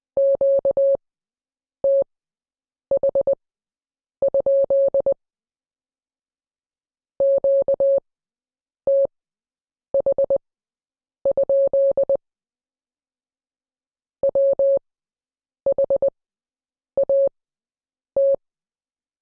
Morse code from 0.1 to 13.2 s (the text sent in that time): QTH? QTH?